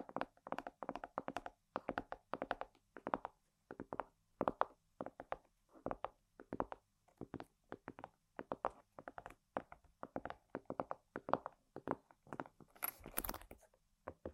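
Quick, regular taps on objects continue in short rhythmic bursts, with a brief brighter scratchy rustle near the end.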